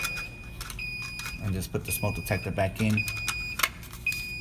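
A smoke detector head is handled as it is put back toward its ceiling mounting base during fire alarm training, meant to be twisted in until it snaps into place. Someone talks over light handling noises and a faint steady high tone, with a few sharp knocks near the end. Nothing has seated or clicked yet.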